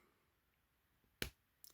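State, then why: Seated. A plastic ink cartridge is pushed onto the feed nipple of an Auchan metallic silver metal school fountain pen until it pierces and seats properly. A sharp click is heard at 1.2 s, followed by two fainter clicks near 1.6 s and 1.8 s. The cartridge is properly inserted.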